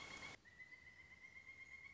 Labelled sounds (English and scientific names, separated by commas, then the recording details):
Pileated Woodpecker (Dryocopus pileatus)
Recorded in Sonoma County, California